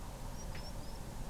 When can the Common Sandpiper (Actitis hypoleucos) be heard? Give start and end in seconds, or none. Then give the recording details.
0.33-0.97. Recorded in France